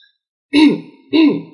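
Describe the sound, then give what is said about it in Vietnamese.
Two short, throaty coughs from a man who has stopped laughing clear his throat, evenly spaced about half a second apart, each a loud burst with a raspy, voiced edge and no speech around them. “Anh thôi cười, ho hai tiếng làm cho cổ họng thâm suốt.”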